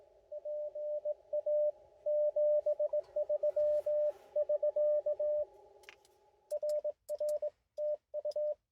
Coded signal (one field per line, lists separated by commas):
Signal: Morse code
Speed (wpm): 21 wpm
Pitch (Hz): 590 Hz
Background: radio noise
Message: PA 73<SK> RR TU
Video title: QRP CQ POTA at Oakley Corners State Forest with the IC 705